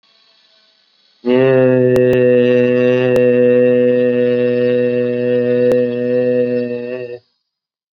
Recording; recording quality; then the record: sustained vowel as in made; excellent, no background noise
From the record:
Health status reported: COVID-19 positive, mild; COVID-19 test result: positive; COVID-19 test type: RT-PCR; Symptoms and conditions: sore throat, fatigue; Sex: male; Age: 39 years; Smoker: yes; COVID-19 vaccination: both doses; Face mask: worn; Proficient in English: yes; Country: India